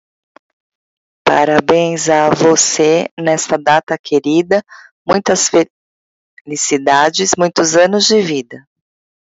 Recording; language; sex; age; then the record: short text; Brazilian Portuguese; female; 50 to 59 years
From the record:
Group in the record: control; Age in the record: 51 years